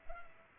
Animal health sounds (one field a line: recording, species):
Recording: mosquito wingbeat signal from an infrared sensor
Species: Culex pipiens